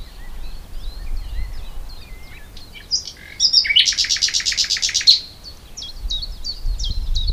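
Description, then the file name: Common nightingale song: soft scattered whistled notes, then a loud churring trill for over a second, followed by short repeated high phrases. "Luscinia megarhynchos"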